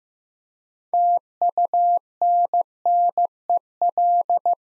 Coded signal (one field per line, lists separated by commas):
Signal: Morse code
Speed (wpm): 15 wpm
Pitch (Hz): 700 Hz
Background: none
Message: TUNNEL